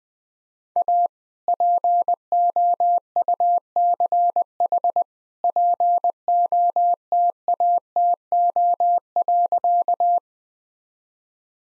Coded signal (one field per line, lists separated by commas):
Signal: Morse code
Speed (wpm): 20 wpm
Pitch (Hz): 700 Hz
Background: none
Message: A POUCH POTATO.